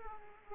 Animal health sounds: mosquito wingbeat signal from an infrared sensor; Aedes aegypti

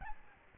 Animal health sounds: mosquito wingbeat signal from an infrared sensor; Aedes albopictus

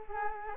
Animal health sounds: mosquito wingbeat signal from an infrared sensor; Culex quinquefasciatus

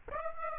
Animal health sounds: mosquito wingbeat signal from an infrared sensor; Aedes aegypti

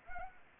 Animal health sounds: mosquito wingbeat signal from an infrared sensor; Anopheles arabiensis

